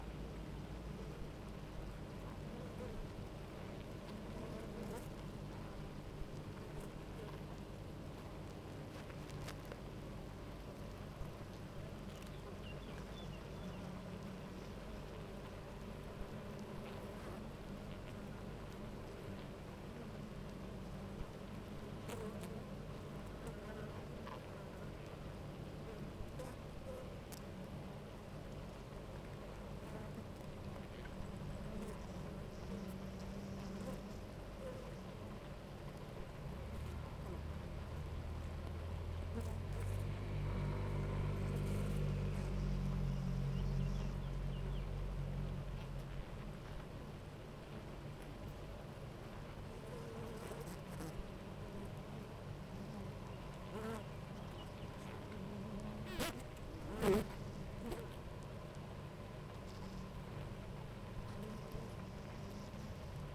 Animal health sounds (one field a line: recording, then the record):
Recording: honeybee colony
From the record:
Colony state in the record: active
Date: 28 July 2017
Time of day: 9:50